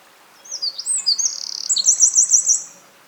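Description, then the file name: Eurasian wren singing: high rapid warbles, a brief rattling trill and a closing sequence of five or six ringing repeated notes. "Troglodytes troglodytes"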